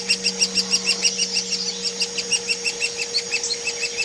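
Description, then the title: Hairy woodpecker calls: sharp, high notes repeated evenly at a quick pace, with a faint electrical hum. Used as masteran tutoring audio for training kacer, murai and cucak hijau songbirds. "platuk hairy untuk kacer murai cucak hijau masteran"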